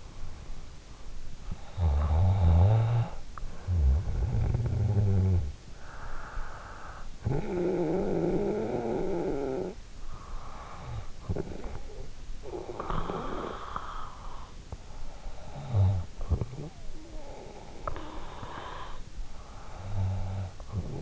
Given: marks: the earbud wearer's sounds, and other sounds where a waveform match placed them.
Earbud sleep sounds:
sounds in sleep by an in-ear microphone; snoring breath, breath
1.16-5.65 s: snoring breath
7.07-9.91 s: snoring breath
9.91-14.25 s: breath
15.28-21.02 s: snoring breath

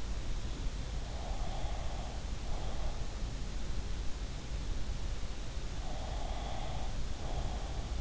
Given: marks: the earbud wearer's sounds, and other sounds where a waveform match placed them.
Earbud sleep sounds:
sounds in sleep by an in-ear microphone; breath
1.03-3.10 s: breath
5.72-8.01 s: breath

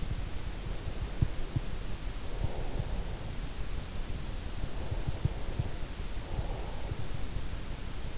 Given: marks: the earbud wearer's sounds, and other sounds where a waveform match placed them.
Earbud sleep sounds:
sounds in sleep by an in-ear microphone; breath
0.00-3.99 s: breath
4.99-6.99 s: breath

